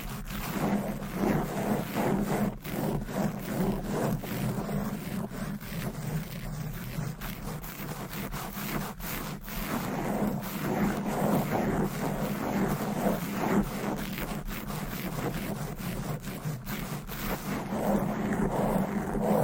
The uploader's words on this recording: ASMR Fast & Aggressive Tapping & Scratching with Different Mics Items & Nails No Talking.